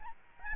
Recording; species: mosquito wingbeat signal from an infrared sensor; Aedes albopictus